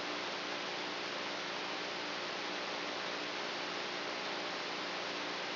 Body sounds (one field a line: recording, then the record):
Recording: brain microelectrode recording played as sound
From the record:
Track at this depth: inside the subthalamic nucleus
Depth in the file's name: 2.804 mm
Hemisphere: right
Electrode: 3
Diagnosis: Parkinson's disease